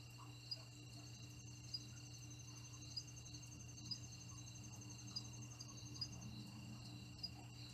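Cricket chirps, high and roughly one a second, with a fine trill and a deep background hum.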